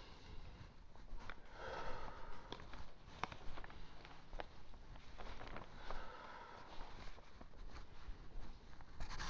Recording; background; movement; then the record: deep breathing; quiet; walking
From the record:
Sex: male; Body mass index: 20.6 kg/m2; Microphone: on the chest, facing outward